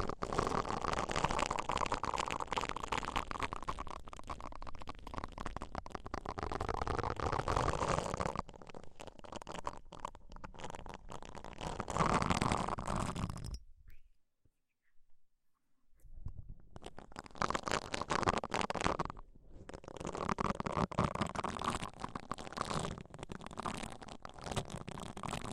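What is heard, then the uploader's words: Muffled ear-cleaning sounds fill the clip: dense scratching and crackling rubs pressed right against the microphone, with a rumbling, hollow undertone. The rubbing shifts in intensity, drops to near silence around fifteen seconds, then resumes steadily with brief pauses. ASMR Deep Ear Cleaning - Intense Ear Relaxation (No Talking).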